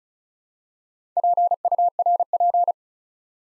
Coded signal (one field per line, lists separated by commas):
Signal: Morse code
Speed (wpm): 36 wpm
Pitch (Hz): 700 Hz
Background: none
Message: PURP